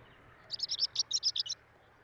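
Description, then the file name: Finsch's wheatear song: one quick high phrase of about ten scratchy, chirping notes, delivered in about a second against a quiet background. "Oenanthe finschii song"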